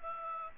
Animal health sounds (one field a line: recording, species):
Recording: mosquito wingbeat signal from an infrared sensor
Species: Aedes aegypti